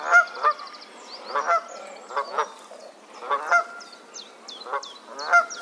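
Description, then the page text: Canada goose honking, loud nasal honks in irregular pairs and bursts, with a high chittering of small birds running through in the background. "Herman van der Meer - Канадская казарка (Branta canadensis)"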